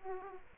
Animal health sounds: mosquito wingbeat signal from an infrared sensor; Aedes aegypti

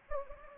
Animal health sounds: mosquito wingbeat signal from an infrared sensor; Anopheles gambiae

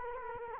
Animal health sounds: mosquito wingbeat signal from an infrared sensor; Culex quinquefasciatus

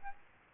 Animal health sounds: mosquito wingbeat signal from an infrared sensor; Aedes albopictus

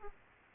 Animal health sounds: mosquito wingbeat signal from an infrared sensor; Aedes aegypti

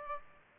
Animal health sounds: mosquito wingbeat signal from an infrared sensor; Aedes aegypti

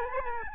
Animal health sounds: mosquito wingbeat signal from an infrared sensor; Aedes albopictus

